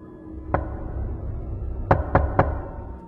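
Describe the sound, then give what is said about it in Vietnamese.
Knocking on a door: one sharp knock, a pause, then three quick, firm raps in a row over a low background hum. No one speaks. “Người đàn bà lại lo do trở về giường, vừa đặt lưng nằm xuống thì tiếng gõ cửa lại vang lên. Lần này lớn hơn, gấp gáp hơn.”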